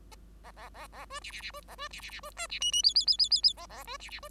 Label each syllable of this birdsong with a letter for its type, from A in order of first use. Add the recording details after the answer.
A A A A B C C C B A B C C C B D C E E F F F F F F A A B C C B. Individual Bird5